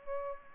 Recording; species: mosquito wingbeat signal from an infrared sensor; Aedes albopictus